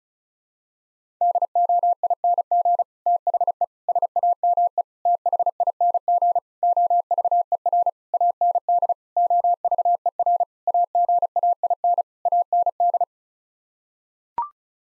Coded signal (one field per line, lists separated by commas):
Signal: Morse code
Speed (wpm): 36 wpm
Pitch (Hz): 700 Hz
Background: none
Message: DOING THE SAME THING OVER AND OVER AGAIN AND